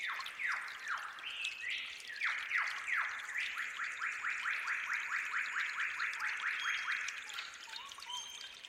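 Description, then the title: Bird song of loud downslurred whistled notes, then a long fast even series of clipped notes, with a faint high thin whistle behind. Forest birds at dawn beside gently trickling water. "Suara Alam Relaksasi Suara Gemercik Air Dan Kicau Burung Hutan Di Saat Fajar"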